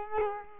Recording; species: mosquito wingbeat signal from an infrared sensor; Culex quinquefasciatus